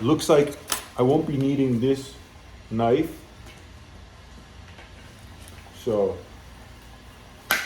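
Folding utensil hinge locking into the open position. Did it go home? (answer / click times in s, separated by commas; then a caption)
yes / 7.5 s. A folding spoon/fork utensil from a French commando 24-hour ration pack is unfolded and locked into its open position. Someone talks, followed by faint handling sounds. A sharp single click at 7.5 s marks the hinge locking open.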